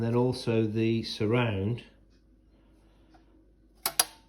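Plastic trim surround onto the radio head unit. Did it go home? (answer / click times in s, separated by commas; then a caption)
yes / 3.9 s, 4.0 s. Someone talks while a plastic trim surround is pressed onto the front of a Sony AX1000 Apple CarPlay radio head unit being fitted in a 1986 Porsche 944. After a quiet pause, two sharp snaps come at 3.9 s and 4.0 s as the surround clips on and is seated.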